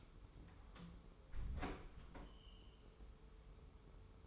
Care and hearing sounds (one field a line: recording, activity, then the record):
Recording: daily activity, microphone in the room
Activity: close door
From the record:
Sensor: 1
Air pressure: 1015.2 hPa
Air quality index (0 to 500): 111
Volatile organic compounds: 3 ppm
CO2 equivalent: 1504 ppm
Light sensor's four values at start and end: 14/33/14/15 and 14/33/14/15